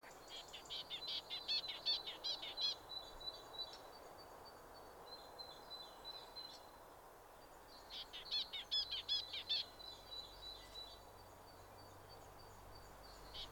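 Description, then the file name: Great tit giving bursts of quick, metallic repeated notes, with a long gap between runs where thin high whistles are heard, over steady background noise. "Parus major"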